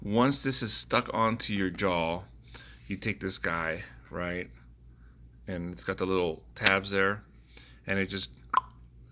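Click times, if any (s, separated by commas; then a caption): 8.6 s. Someone talks while pressing an electronic snore-stimulator module with little tabs into the adhesive patch stuck onto the jaw. A short, sharp plop-like click sounds at 8.6 seconds as the module seats in the patch.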